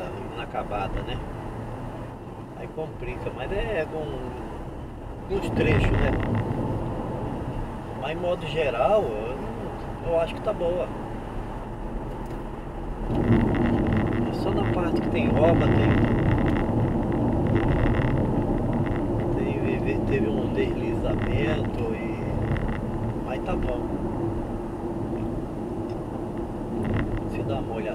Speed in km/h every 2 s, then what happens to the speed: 70, 75, 81, 85, 89, 88, 89, 85, 84, 78, 77, 78, 72, 71.
0-12 speeds up to 89. 12-18 slows to 78. 18-23 steady at about 78. 23-28 slows to 71.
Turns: none.